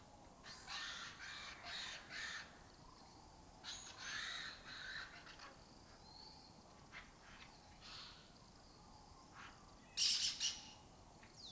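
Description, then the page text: Lesser kestrel raspy calls in short scattered bursts over a steady background hiss, with a louder harsh burst near the end. Breeding colony occupying an abandoned building (house complex) in Doñana, southern Europe; migratory raptor that forages in West Africa. "Lesser Kestrels Took Over an Abandoned Building. A migratory raptor wich spends its foraging time in West Africa and breeds in southern Europe. Here in Doñana"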